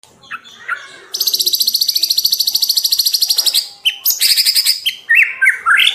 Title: Masteran Murai Batu Full Tembakan & Durasi Panjang